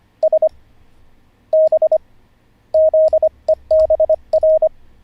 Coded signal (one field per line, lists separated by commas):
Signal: Morse code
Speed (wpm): 25 wpm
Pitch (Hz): 630 Hz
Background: none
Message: S B ZEBR